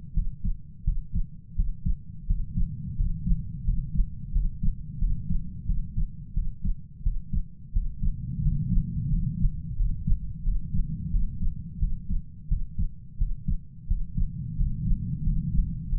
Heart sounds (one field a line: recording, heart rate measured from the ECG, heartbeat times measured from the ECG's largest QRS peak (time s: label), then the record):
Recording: heart sounds by stethoscope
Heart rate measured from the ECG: 88 bpm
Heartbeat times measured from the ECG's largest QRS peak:
0.14 s: heartbeat
0.84 s: heartbeat
1.55 s: heartbeat
2.26 s: heartbeat
2.96 s: heartbeat
3.64 s: heartbeat
4.32 s: heartbeat
4.99 s: heartbeat
5.66 s: heartbeat
6.34 s: heartbeat
7.03 s: heartbeat
7.72 s: heartbeat
8.42 s: heartbeat
9.09 s: heartbeat
9.76 s: heartbeat
10.43 s: heartbeat
11.11 s: heartbeat
11.79 s: heartbeat
12.48 s: heartbeat
13.18 s: heartbeat
13.87 s: heartbeat
14.56 s: heartbeat
15.23 s: heartbeat
15.89 s: heartbeat
From the record:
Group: healthy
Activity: rest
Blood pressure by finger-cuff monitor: 115/80 mmHg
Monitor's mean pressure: 91 mmHg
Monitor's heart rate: 88 bpm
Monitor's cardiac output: 7.1 L/min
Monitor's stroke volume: 81 mL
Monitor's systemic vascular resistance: 960 dyn s/cm5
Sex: male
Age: 33 years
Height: 179 cm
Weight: 80.4 kg